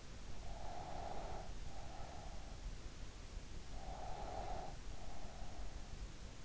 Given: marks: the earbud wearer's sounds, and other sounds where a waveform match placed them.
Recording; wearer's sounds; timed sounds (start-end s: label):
sounds in sleep by an in-ear microphone; breath
0.30-2.52 s: breath
3.76-5.95 s: breath